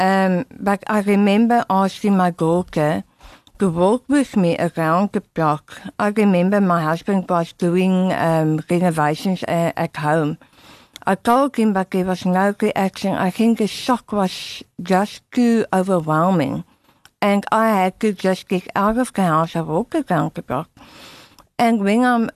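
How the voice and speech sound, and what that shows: An adult woman's connected speech after removal of her tongue for cancer, with imprecise tongue consonants, like t heard as k, typical after tongue removal.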